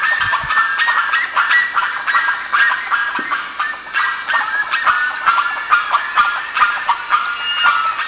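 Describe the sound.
Bird flock in continuous chorus, crowded honking and chattering calls overlapping without pause, with a few sharp clicks scattered through.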